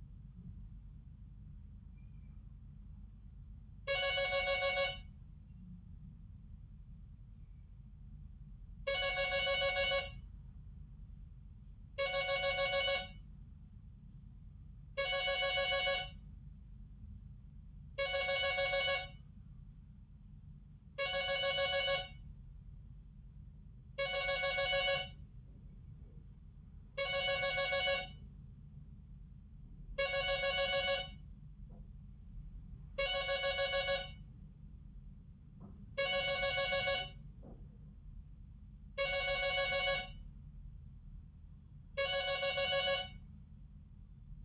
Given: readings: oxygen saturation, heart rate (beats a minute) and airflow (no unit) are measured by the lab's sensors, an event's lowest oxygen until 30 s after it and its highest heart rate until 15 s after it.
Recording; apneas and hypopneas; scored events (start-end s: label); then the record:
a person awake in a sleep study, by a smartphone at the bedside; none
0.00-44.45 s: awake
From the record:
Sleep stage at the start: awake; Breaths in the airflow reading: 16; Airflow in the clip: -0.6 to 0.8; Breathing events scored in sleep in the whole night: 270 in 6.1 hours asleep